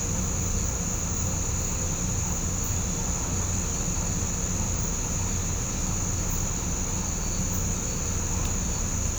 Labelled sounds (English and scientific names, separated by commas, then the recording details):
none
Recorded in pastures near Puerto Asís, Putumayo, Colombia, on 18 December 2024 at 06:30
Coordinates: 0.505, -76.324
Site G063